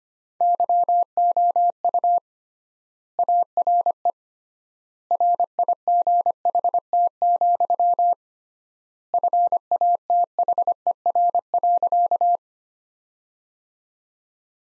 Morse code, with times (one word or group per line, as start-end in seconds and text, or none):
0.4-2.2 YOU
3.2-4.1 ARE
5.1-8.1 RIGHT,
9.1-12.4 FATHER.